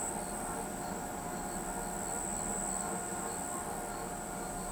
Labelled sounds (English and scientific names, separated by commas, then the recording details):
none
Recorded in pastures near Pivijay, Magdalena, Colombia, on 17 April 2023 at 21:30
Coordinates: 10.456, -74.369
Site P6-G026